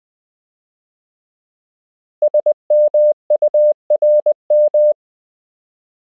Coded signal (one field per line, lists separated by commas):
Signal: Morse code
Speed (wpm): 20 wpm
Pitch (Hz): 600 Hz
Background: none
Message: SMURM